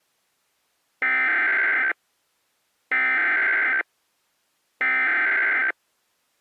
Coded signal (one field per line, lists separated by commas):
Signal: Emergency Alert System (SAME) tones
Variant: header bursts